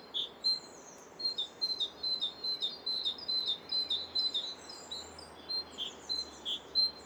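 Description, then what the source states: Great Tit song, a two-note 'teacher' phrase repeated steadily throughout, high and ringing. Classic 'teacher' song of two strident, forceful tones repeated; ringing quality that carries above traffic.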